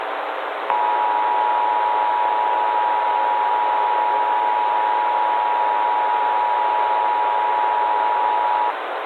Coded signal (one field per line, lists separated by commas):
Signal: Emergency Alert System (SAME) tones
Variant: 853 and 960 Hz attention tone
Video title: EAS Scenario / Analog & Digital Horror - Tartarus Catastrophe